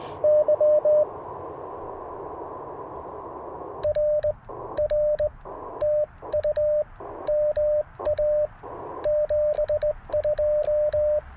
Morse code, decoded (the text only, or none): YR R TU MA 72